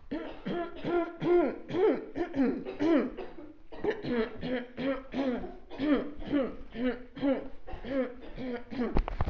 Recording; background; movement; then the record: throat clearing; a bystander coughing; walking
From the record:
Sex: female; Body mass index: 21.8 kg/m2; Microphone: on the chest, facing outward